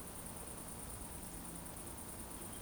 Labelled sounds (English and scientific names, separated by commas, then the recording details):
Eurasian Woodcock (Scolopax rusticola) whistle
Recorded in Baden-Württemberg, Germany, on 25 June 2020 at 20:17 UTC
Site 14569, 102 m above sea level